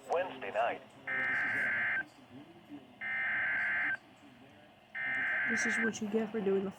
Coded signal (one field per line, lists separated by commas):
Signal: Emergency Alert System (SAME) tones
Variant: header bursts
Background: speech